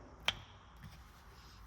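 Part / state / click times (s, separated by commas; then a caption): wiring harness plug into dishwasher wash pump connector / seated / 0.3 s. A plastic wiring harness plug is pushed into the wash pump connector during a Whirlpool dishwasher wash-pump repair. One sharp snap is heard at 0.3 s over quiet background noise. The plug is seated in the connector.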